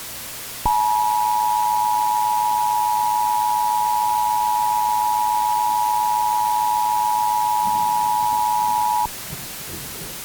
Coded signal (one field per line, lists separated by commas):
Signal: Emergency Alert System (SAME) tones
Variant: 853 and 960 Hz attention tone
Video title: EAS Scenario: Harvey part 2